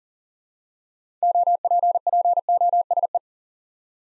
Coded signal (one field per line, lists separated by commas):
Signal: Morse code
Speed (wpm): 41 wpm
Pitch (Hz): 700 Hz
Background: none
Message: OPPOSE